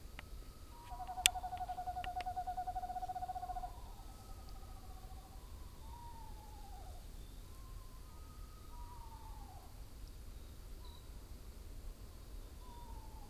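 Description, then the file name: Screech owls give a steady trill followed by a series of short falling whinnies, with one sharp click near the start and soft background hiss. Several screech owls calling together. "multiplescreechowls"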